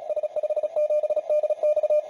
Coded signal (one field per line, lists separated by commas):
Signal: Morse code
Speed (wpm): 37 wpm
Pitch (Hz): 600 Hz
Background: none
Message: S57DX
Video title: Dual Band Nested Dipoles for 40m and 30m Amateur Radio Bands